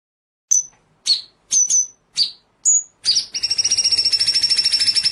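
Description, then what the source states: White-rumped shama song: a series of sharp high whistled notes around half a second apart, then a rapid buzzy rattling trill from three seconds onward. Masteran training track of full rolling, shooting song.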